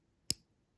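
The folding clasp of a Rolex Datejust 36 watch bracelet is closed again with no talking over it, giving one loud, clean, bright snap at 0.3 s that fades quickly in near silence. The clasp clicks shut and seats properly, and the result is approved as better.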